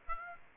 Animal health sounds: mosquito wingbeat signal from an infrared sensor; Aedes aegypti

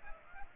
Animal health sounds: mosquito wingbeat signal from an infrared sensor; Aedes aegypti

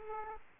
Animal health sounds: mosquito wingbeat signal from an infrared sensor; Aedes aegypti

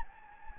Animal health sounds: mosquito wingbeat signal from an infrared sensor; Anopheles gambiae

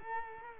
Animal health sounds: mosquito wingbeat signal from an infrared sensor; Culex quinquefasciatus

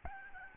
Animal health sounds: mosquito wingbeat signal from an infrared sensor; Aedes albopictus

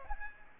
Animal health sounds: mosquito wingbeat signal from an infrared sensor; Aedes aegypti

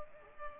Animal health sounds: mosquito wingbeat signal from an infrared sensor; Culex pipiens

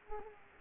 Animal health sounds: mosquito wingbeat signal from an infrared sensor; Culex pipiens

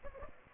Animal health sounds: mosquito wingbeat signal from an infrared sensor; Aedes aegypti

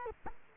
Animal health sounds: mosquito wingbeat signal from an infrared sensor; Culex quinquefasciatus

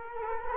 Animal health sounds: mosquito wingbeat signal from an infrared sensor; Culex quinquefasciatus

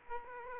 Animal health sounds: mosquito wingbeat signal from an infrared sensor; Aedes aegypti

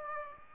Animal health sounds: mosquito wingbeat signal from an infrared sensor; Aedes aegypti

